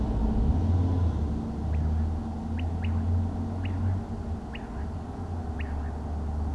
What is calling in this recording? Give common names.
Common Quail